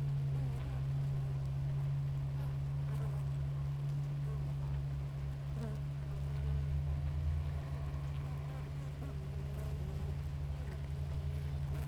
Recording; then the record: honeybee colony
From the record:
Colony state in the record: active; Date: 28 July 2017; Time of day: 6:23